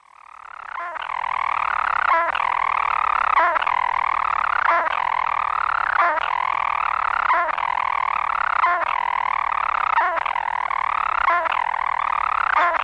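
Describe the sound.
European storm petrel, a continuous purring churr broken by a sharp hiccup-like catch about every 1.3 seconds, steady throughout.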